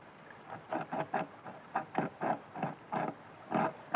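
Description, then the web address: Beaver calls: a series of short nasal, whining calls in uneven bursts, with quiet gaps between. "zvuky divociny. bobr"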